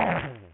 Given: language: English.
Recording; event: throat vibration sensor signal played as sound; throat clearing